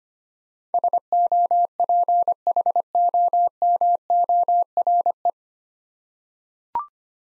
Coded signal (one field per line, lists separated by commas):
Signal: Morse code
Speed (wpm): 25 wpm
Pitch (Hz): 700 Hz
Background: none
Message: SOPHOMORE